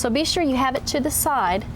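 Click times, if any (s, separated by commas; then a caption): none. A paint cup is handled with its locking lever held to the side, ready to be pushed onto a spray gun body so its grooves snap in, while someone talks throughout. No clicks or impacts are heard, and nothing has seated or clicked yet.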